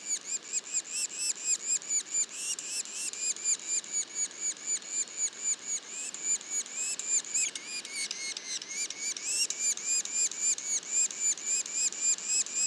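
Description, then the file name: Yellow-bellied sapsucker calls: a dense, continuous run of squeaky notes, several per second. Juveniles calling; Mont-Orford National Park, Quebec, Canada. "pic macule. parc national du mont orford"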